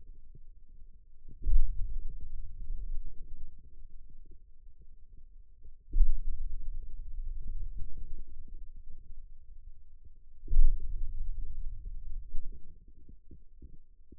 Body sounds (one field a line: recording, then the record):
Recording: forearm muscle sounds (acoustic myography)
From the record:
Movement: hand opening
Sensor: system 2, bracelet of six BSWA MPA416 microphones around the upper forearm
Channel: 6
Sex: male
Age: 22 years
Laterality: right